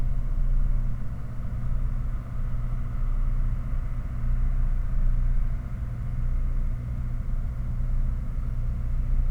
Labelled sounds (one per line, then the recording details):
machinery
flare stack
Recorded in the Prudhoe Bay oil fields, Alaska, on 5 August 2019 at 01:39
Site 29